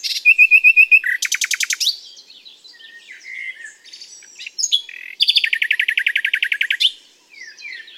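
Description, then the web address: Common nightingale song with quick chattering bursts, a fast rattle, soft warbling, then a long sustained trill of rapidly repeated notes. "SETE data Luscinia megarhynchos"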